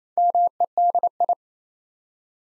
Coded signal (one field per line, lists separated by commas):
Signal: Morse code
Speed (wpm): 29 wpm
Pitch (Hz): 700 Hz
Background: none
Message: MEDI